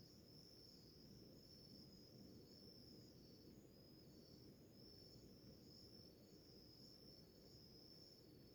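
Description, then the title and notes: Crickets calling in a dense, high, continuous chorus over low background noise. Early morning in a village in the middle of the Mata Atlântica rainforest. "a symphony of crickets in a relaxing morning in a village in middle a Mata Atlântica rainforest"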